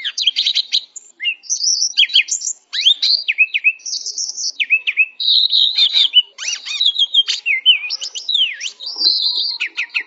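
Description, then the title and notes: Bird song, a dense continuous stream of high chirps, whistled slurs and fast trills with barely a pause, no other sounds. Birdsong for training pet birds. "Suara Burung. Suara Kicauan Burung untuk memaster burung kesayangan"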